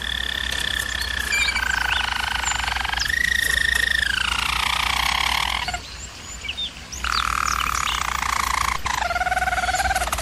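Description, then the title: German Roller canary singing smooth, deep rolling tours that rise then fall, a short pause, then further descending rolls over a faint steady hum. Used for canary training. "German Roller Canary Singing - Canary Training Vid"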